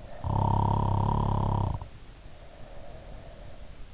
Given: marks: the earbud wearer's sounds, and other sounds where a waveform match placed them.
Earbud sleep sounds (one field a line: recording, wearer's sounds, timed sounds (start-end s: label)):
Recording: sounds in sleep by an in-ear microphone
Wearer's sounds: snoring breath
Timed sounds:
0.00-3.72 s: snoring breath